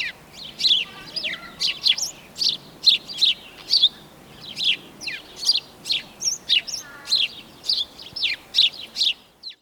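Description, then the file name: House sparrow chirping: a steady run of sharp, high chirps, roughly two each second, without pause through the whole stretch. "Passer domesticus"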